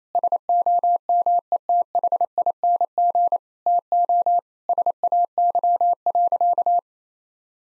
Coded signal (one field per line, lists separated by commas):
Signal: Morse code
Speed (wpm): 27 wpm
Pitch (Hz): 700 Hz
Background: none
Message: SOMETHING TO SAY.